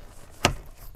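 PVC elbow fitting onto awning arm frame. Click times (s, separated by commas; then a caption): 0.4 s. A PVC elbow fitting is snapped onto a camper's awning arm or extrusion to build a shower room frame. A single sharp click sounds at 0.4 s, followed by a faint tap near 0.9 s, and the fitting seats with a tight fit.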